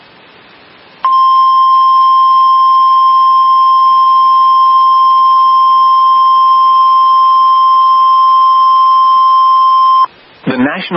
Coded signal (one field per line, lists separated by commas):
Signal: Emergency Alert System (SAME) tones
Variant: 1050 Hz attention tone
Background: speech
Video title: EAS #23 | DTX Severe Thunderstorm Warning